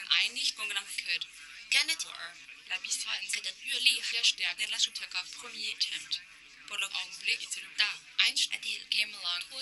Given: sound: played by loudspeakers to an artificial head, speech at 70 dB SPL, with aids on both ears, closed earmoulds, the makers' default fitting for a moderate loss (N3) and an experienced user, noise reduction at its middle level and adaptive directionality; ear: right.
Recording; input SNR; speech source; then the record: speech test signal (ISTS) in cocktail-party noise; +9 dB; in front (0 degrees)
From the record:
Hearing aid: class 2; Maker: H